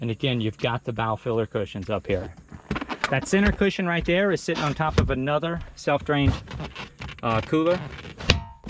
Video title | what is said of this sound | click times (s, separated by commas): 2019 Chaparral 264 Sunesta Sport Boat For Sale on Norris Lake TN | And this cushion is removable. that snapped in place. | 8.3 s